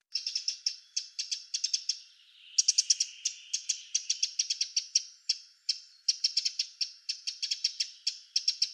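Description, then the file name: Eurasian wren giving hard ticking notes in quick bursts, going on almost without a break for the whole stretch. "Troglodytes troglodytes"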